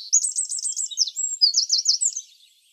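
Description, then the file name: Eurasian wren song, a fast tumbling burst of very high notes and trills lasting just over two seconds, loud and unbroken, then silence. "Troglodytes troglodytes"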